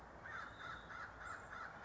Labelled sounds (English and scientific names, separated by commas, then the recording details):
American Crow (Corvus brachyrhynchos)
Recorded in Sonoma County, California